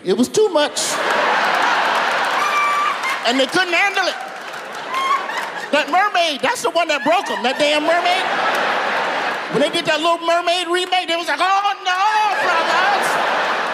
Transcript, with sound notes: It was too much.
(LAUGHTER)
And they couldn't handle it.
(LAUGHTER)
That mermaid, that's the one that broke them. That damn mermaid.
(LAUGHTER)
When they did that "Little Mermaid" remake, they was like, oh, no, brothers.